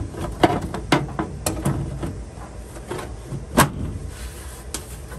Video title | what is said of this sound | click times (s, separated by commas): How to fix your A/C Furnace water leak??? | boom i hear the click that's ready so now we are going to turn it on | 4.7 s